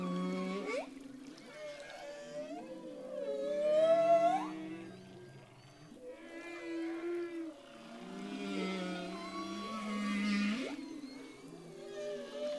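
Humpback whale song: layered harmonic moans and a bright upswept whoop near the middle, then wavering tones and a second rising sweep.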